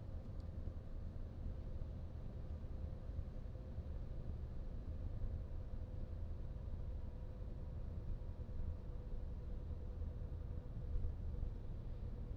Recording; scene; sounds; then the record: everyday scene through a hearing-aid microphone; in a vehicle; engine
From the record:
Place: VW T5 Caravelle, diesel engine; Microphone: in the ear canal, right